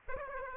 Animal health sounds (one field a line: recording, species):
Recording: mosquito wingbeat signal from an infrared sensor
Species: Aedes aegypti